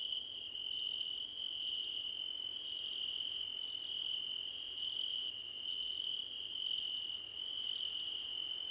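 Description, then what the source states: Crickets chirping together: an unbroken high trill and bursts of very high rapid pulses, each run broken by a short gap. Crickets in a chorus described as a choir competition.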